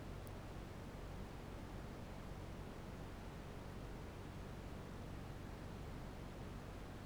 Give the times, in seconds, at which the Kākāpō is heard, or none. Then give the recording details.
none. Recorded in New Zealand. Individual Barnard